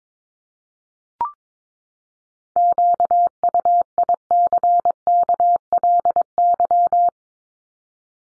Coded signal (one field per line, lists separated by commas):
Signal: Morse code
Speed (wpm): 22 wpm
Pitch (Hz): 700 Hz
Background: none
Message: QUICKLY